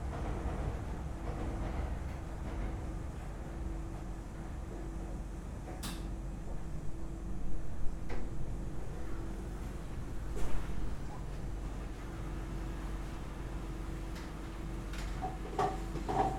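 Laundromat in Osaka: a steady low machine drone with a constant hum, occasional sharp clicks and knocks, and faint voices now and then.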